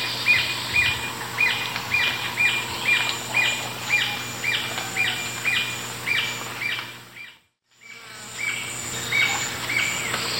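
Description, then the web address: Paradise jacamar calls, a run of high whistled notes about twice a second, breaking off briefly then resuming, with steady background noise behind. South America, Eastern Lowlands. "Natures Songs S America Eastern Lowlands. Paradise Jacamar"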